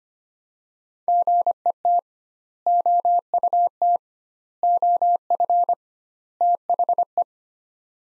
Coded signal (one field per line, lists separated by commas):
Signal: Morse code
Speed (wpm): 25 wpm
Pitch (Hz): 700 Hz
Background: none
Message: GET OUT OF THE